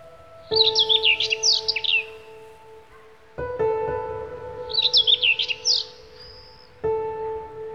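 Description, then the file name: Bird song: two rapid, jumbled twittering phrases of high warbled notes a few seconds apart, over steady low droning tones that switch on and off abruptly. "Bird Song Group - Chirping"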